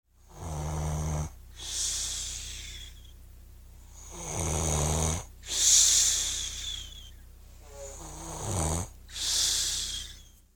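Snoring in an adult sleeper: low-pitched, rattling, vibratory snores alternate with breathy, hissing breaths, at roughly 16 breaths per minute with an uneven rhythm.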